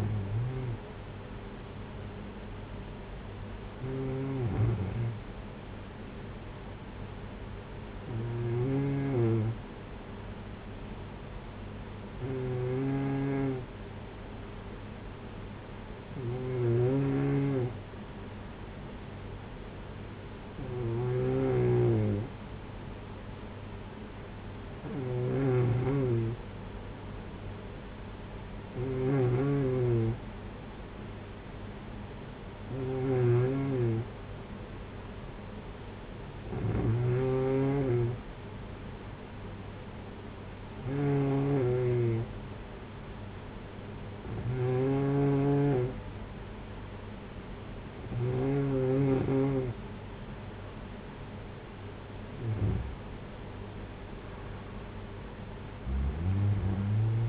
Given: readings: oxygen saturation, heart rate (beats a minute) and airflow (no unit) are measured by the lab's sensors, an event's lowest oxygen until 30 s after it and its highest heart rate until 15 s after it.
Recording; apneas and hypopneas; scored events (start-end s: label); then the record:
breathing in sleep by a voice recorder at the bedside; 1
34.00-51.80 s: hypopnea (N2, oxygen 94% highest, then 93% lowest, heart rate 58 at the start, 63 highest)
From the record:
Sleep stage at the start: N2 (light sleep); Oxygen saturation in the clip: 93 to 94%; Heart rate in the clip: 53 to 63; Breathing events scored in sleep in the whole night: 226 in 8.8 hours asleep